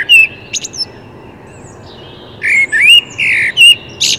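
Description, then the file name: Common blackbird: a short whistled note and high squeaks, then a longer phrase of rising fluty warbles ending in a thin high squeal. "Turdus merula"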